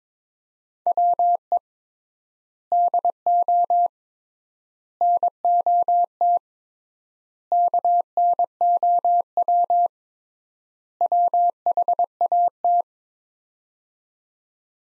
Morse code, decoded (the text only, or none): WE DO NOT KNOW WHAT